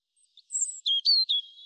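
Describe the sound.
European robin song: a brief phrase of high thin notes dropping into clear, slightly descending whistles.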